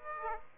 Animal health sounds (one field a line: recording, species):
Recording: mosquito wingbeat signal from an infrared sensor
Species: Aedes aegypti